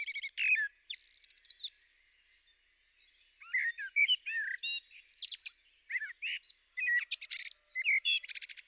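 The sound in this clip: Common blackbird singing: low fluted warbled phrases, each ending in a thin high twitter, with a quiet pause early before more phrases.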